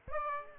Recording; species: mosquito wingbeat signal from an infrared sensor; Aedes aegypti